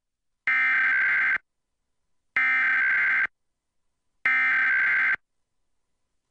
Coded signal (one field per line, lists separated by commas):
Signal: Emergency Alert System (SAME) tones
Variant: header bursts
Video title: 2023 National Emergency Alert System TEST - National EAS Test - Wireless Emergency Alert Test